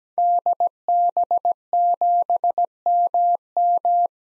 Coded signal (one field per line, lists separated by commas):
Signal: Morse code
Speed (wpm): 17 wpm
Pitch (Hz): 700 Hz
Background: none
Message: DB7MM